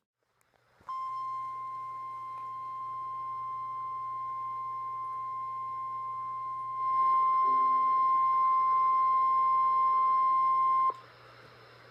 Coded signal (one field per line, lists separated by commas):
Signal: Emergency Alert System (SAME) tones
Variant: 1050 Hz attention tone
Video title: EAS Compilation: Oklahoma/Arkansas Severe Weather...and More! | NOAA Weather Radio (4/13/2014)